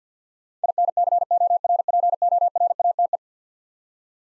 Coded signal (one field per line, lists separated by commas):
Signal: Morse code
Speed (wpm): 50 wpm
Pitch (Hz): 700 Hz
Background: none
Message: INCORPORATE